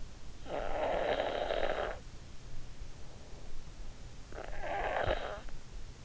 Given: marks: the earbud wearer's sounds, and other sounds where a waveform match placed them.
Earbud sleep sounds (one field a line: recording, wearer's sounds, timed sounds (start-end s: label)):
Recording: sounds in sleep by an in-ear microphone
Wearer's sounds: snoring breath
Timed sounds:
0.06-2.55 s: snoring breath
3.89-5.86 s: snoring breath